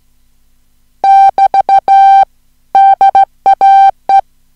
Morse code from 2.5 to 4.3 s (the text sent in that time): DAE